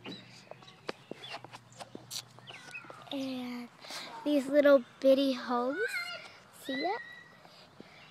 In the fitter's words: and you snap it so you hear it snap